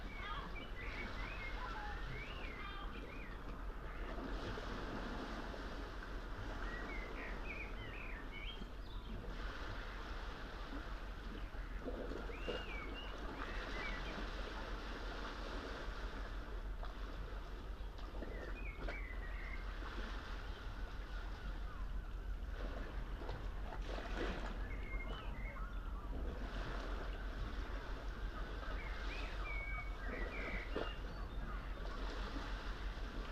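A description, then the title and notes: A coastal scene by an old fort, with a steady wash of sea and wind and a deep, constant rumble like a boat engine. Bright bird chirps and calls break through every few seconds across the whole recording. Coastal scapes. Nothe Fort on the Jurassic coast of England.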